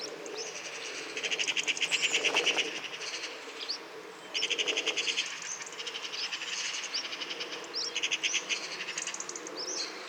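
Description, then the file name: Eurasian magpie uttering several long, fast rattling chatters, each lasting one to two seconds. "Pica pica"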